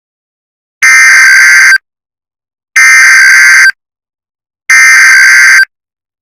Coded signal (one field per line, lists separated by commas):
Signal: Emergency Alert System (SAME) tones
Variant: header bursts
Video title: The Los Angeles Storm EAS scenario